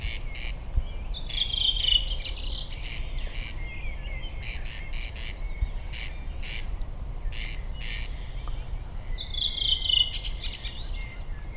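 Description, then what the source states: Corn crake giving repeated grating double rasps, while another bird adds short bright whistled phrases twice. Several corncrakes calling, recorded on 9 June last year, in summer, on a corncrake outing.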